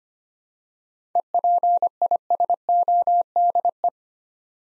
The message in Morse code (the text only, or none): EPISODE